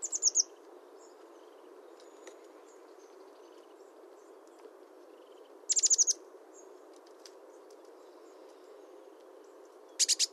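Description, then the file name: Eurasian blue tit making three short, scratchy bursts of fast ticking notes, spaced several seconds apart, against a quiet hissing background with faint chirps. "Cyanistes caeruleus"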